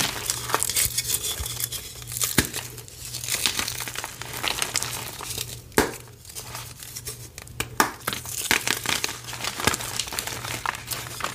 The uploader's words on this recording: A series of short gym chalk crushing videos.